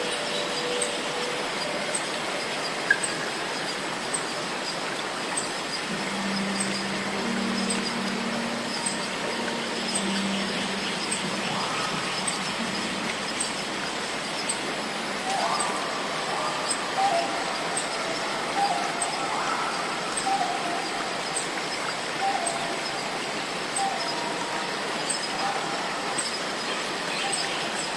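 A dense, unbroken chorus of cicadas fills a rainforest, a bright shrill drone with a fast, regular pulse that holds steady throughout. Brief low hums and scattered mid-pitched calls from other creatures come and go in the background, especially in the second half.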